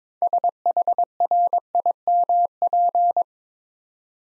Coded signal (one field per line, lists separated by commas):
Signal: Morse code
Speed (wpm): 22 wpm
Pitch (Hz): 700 Hz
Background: none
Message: SHRIMP